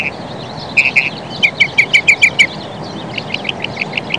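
Northern mockingbird song, a quick string of sharp repeated notes followed by a softer, evenly spaced series of short chirps.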